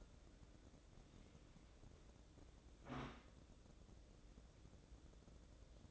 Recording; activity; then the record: daily activity, microphone in the room; wipe stove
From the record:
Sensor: 3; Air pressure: 1012.3 hPa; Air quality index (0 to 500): 181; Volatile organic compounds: 3 ppm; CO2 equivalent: 1384 ppm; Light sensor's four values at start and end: 575/1429/591/606 and 575/1430/591/606